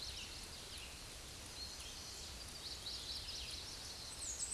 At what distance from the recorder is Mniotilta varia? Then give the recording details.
about 15 m. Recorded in a Pennsylvania forest on 18 May 2023 at 11:16. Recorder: AudioMoth, point grid1_20_low. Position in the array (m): 51 m, 219 m